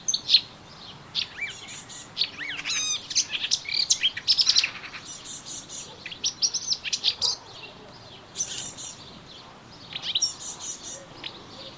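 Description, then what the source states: Melodious warbler song, rapid jumbled twittering with buzzy trills and quick rising and falling notes, delivered in uneven bursts. Recorded in a garden on 25 June 2017.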